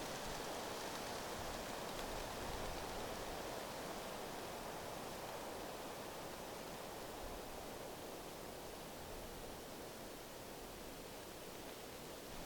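A waterfall pours in a dense, unbroken rush, full and hissing through the middle and highs, easing very slightly softer toward the end.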